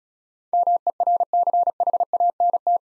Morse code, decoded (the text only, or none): MERCHANT